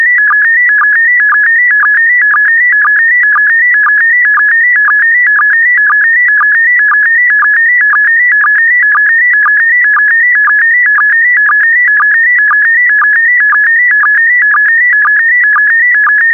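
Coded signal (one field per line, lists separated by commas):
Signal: SSTV (slow-scan television)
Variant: PD120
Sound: steady warbling tone shifting between pitches, with a short low blip twice per second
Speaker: Five, four, three, two, one. Transmission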